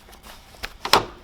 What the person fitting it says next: you hear it click